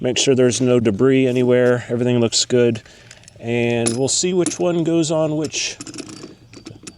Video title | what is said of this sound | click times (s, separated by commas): Segway Navimow X4 X430 X450 blade change time! | That is not clicking into that one. | none